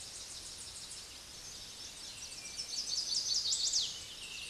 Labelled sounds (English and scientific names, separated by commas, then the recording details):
Chestnut-sided Warbler (Setophaga pensylvanica) song
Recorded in a Pennsylvania forest on 16 May 2024 at 06:18
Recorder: AudioMoth, point MSD-0178
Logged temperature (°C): 15.3 °C
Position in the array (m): 71 m, 63 m